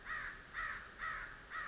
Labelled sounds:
American Crow
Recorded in Sonoma County, California

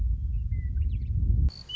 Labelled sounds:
Western Meadowlark
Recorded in Sonoma County, California

